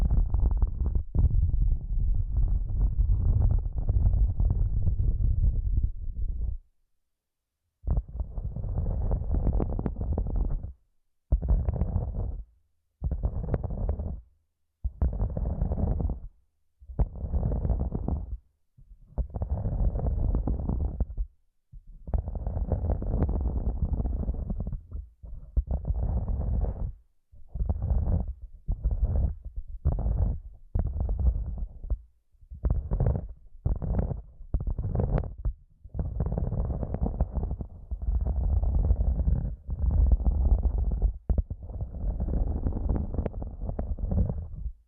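ASMR massage triggers recorded with headphones used as a microphone: muffled, low rubbing and thumping bursts that come and go. Longer stretches of rubbing open and close the clip, while the middle breaks into quick separate strokes with short silences between.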